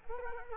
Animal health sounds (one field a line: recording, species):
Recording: mosquito wingbeat signal from an infrared sensor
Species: Culex quinquefasciatus